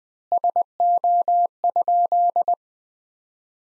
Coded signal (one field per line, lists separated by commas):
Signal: Morse code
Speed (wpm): 20 wpm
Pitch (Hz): 700 Hz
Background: none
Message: SO?